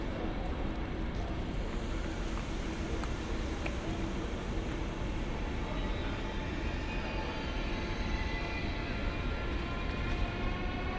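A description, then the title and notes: Steady low rumble of machinery and crowd murmur at Cologne Central Station, with faint clicks and occasional brighter squeaks over a constant din. Cologne Central Station | Train station sounds. Recorded on Cologne Central Station.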